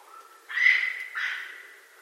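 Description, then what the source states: Raccoon calls, two harsh, squealing cries with a breathy noisy edge, the first louder, the second trailing off. Recorded 9 April 2012.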